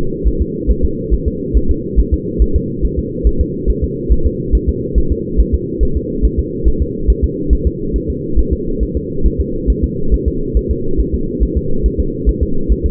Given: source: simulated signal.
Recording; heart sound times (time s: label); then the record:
fetal heart sounds
0.28 s: S1
0.42 s: S2
0.70 s: S1
0.85 s: S2
1.14 s: S1
1.28 s: S2
1.57 s: S1
1.71 s: S2
2.00 s: S1
2.13 s: S2
2.42 s: S1
2.56 s: S2
2.85 s: S1
2.99 s: S2
3.27 s: S1
3.41 s: S2
3.70 s: S1
3.84 s: S2
4.12 s: S1
4.26 s: S2
4.55 s: S1
4.69 s: S2
4.98 s: S1
5.12 s: S2
5.40 s: S1
5.54 s: S2
5.83 s: S1
5.97 s: S2
6.25 s: S1
6.39 s: S2
6.68 s: S1
6.82 s: S2
7.10 s: S1
7.24 s: S2
7.53 s: S1
7.67 s: S2
7.96 s: S1
8.10 s: S2
8.39 s: S1
8.53 s: S2
8.83 s: S1
8.97 s: S2
9.26 s: S1
9.40 s: S2
9.70 s: S1
9.84 s: S2
10.14 s: S1
10.28 s: S2
10.57 s: S1
10.71 s: S2
11.00 s: S1
11.14 s: S2
11.43 s: S1
11.57 s: S2
11.86 s: S1
12.00 s: S2
12.29 s: S1
12.43 s: S2
12.72 s: S1
12.86 s: S2
From the record:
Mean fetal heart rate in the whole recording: 140 bpm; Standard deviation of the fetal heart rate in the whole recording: 2 bpm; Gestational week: 34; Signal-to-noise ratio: -8.1 dB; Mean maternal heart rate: 72 bpm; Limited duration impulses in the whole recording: absent